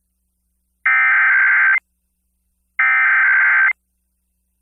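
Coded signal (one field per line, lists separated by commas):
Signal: Emergency Alert System (SAME) tones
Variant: header bursts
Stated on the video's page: EAS required monthly test tones recorded from several FM broadcast stations in the Minneapolis-St. Paul area simultaneously, plus television.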